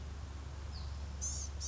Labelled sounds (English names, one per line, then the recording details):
Blue-gray Gnatcatcher
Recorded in Sonoma County, California